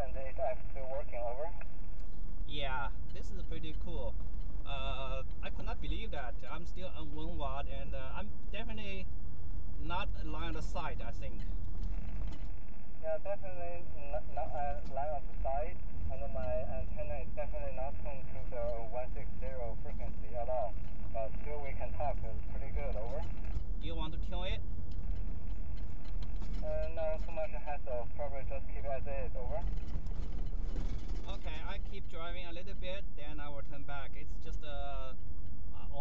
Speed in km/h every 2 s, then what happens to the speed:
31, 32, 32, 34, 37, 39, 40, 40, 42, 44, 40, 39, 37, 35, 37, 37, 39, 40.
0-15 speeds up to 42. 15-36 steady at about 39.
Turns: none.